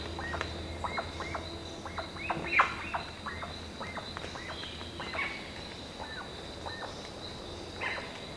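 Bird calls: many short arched chattering notes in quick succession, over steady background hiss.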